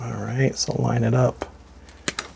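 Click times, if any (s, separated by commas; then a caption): 2.1 s, 2.2 s. Someone talks while lining up the plastic arm tab of a Liokaiser combining Transformers action figure with its mating slot. The tab is pushed in and snaps into place with two sharp clicks at 2.1 s and 2.2 s, seating firmly and solidly.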